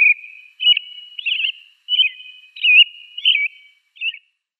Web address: Schulze Peter American Robin song